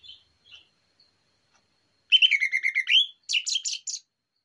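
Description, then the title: Orange-headed thrush song: a short burst of rich, varied whistled and chattering phrases after near silence, with faint high notes at the start. Morning song used as a lure, described as relaxed and open (plong santai). "Pancingan Anis Merah Plong Santai Pagi Hari"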